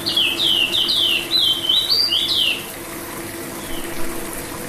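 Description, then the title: Oriental magpie-robin giving a loud, rapid string of sweet whistled notes for about three seconds, then near quiet with one faint note; steady low hum beneath. "Kicau Kacer"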